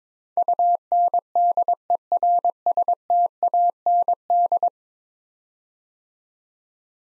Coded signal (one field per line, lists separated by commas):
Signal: Morse code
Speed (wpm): 22 wpm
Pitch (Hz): 700 Hz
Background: none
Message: UNDERSTAND